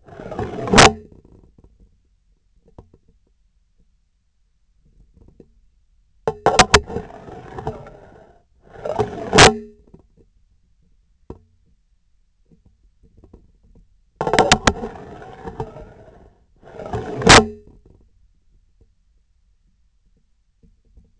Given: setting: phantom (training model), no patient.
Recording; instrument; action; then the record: laparoscopic instrument, vibration sensor on the handle end; scissors; insertion and removal through the trocar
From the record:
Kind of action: spatial motion